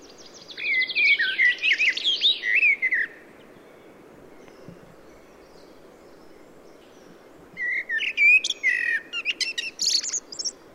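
Common blackbird singing, a rich fluted warble of rising and falling notes trailing into high twitter, a long pause, then a second phrase ending in squeaky notes.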